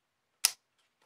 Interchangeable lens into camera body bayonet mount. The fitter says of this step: counterclockwise carefully firmly until it clicks